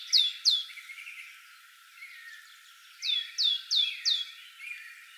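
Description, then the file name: Great tit calls: two quick hooked high notes, a pause with soft lower chirps, then a run of four more falling notes. "Parus major"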